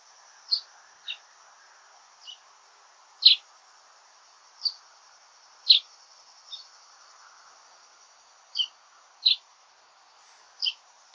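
Common chaffinch giving short, sharp call notes at irregular intervals against a constant high-pitched insect drone.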